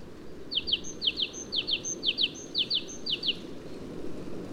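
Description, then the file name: Great tit repeating crisp paired notes about twice a second, each pair topped by a faint high tone, against a soft continuous low rumble. "Parus major"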